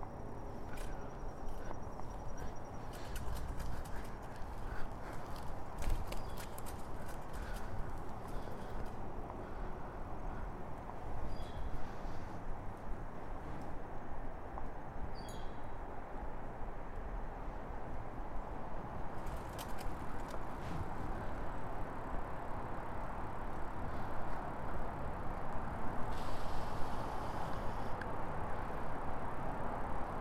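A bike ride, heard as a steady low rush of wind and rolling tires that fills the whole thirty seconds. Short clicks and rattles come in clusters near the start, around the middle and again toward the end, riding over the constant roar.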